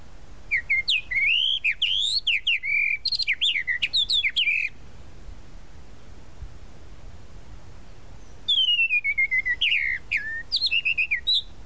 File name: Canto-do-Sabiá-da-Praia